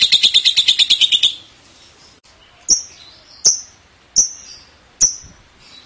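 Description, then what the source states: Lovebird producing a brief rapid, rattling chatter, followed by several separate high, clipped chirps repeated at short intervals. Song style locally called konslet.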